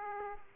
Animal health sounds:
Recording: mosquito wingbeat signal from an infrared sensor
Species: Aedes aegypti

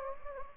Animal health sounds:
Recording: mosquito wingbeat signal from an infrared sensor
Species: Anopheles gambiae

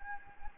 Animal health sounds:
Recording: mosquito wingbeat signal from an infrared sensor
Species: Anopheles gambiae

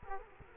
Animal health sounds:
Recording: mosquito wingbeat signal from an infrared sensor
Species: Culex quinquefasciatus

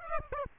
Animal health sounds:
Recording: mosquito wingbeat signal from an infrared sensor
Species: Aedes aegypti

